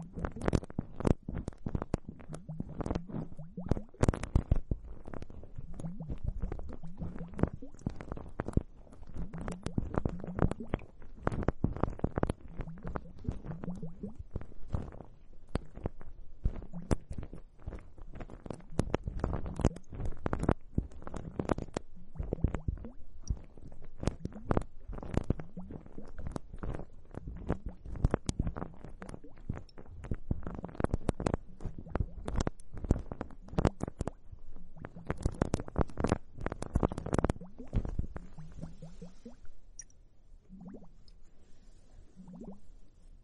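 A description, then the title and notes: Wet bubbling and crackling of foam pressed right up against the ears, a dense run of tiny pops and squishes. Soft low gurgles swell and fade every second or two. Around forty seconds the popping thins out, leaving quieter, sparser gurgles. Foamy hourglass, comfortable bubble spa massage ears.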